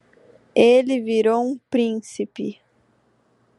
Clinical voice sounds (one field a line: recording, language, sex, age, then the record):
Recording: short text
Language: Brazilian Portuguese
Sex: female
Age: 18 to 19 years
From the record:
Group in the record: control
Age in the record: 19 years